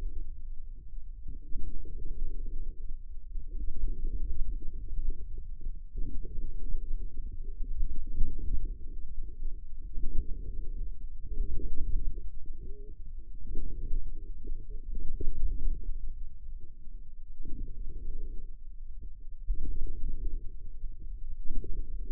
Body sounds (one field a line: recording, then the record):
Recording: forearm muscle sounds (acoustic myography)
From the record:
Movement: inward rotation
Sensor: system 2, bracelet of six BSWA MPA416 microphones around the upper forearm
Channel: 5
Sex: male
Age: 22 years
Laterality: right